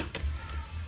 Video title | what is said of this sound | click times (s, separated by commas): Master Sweeper Rake Change Out-Part 2 | you'll actually hear a click | 0.1 s